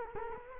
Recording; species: mosquito wingbeat signal from an infrared sensor; Culex quinquefasciatus